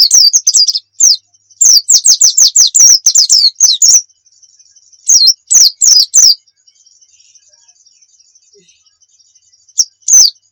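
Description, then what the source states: White-eye song: quick strings of high, downslurred chirps in clustered bursts, separated by quiet gaps and a faint sustained high tone. Pleci muria type; masteran (song-training material).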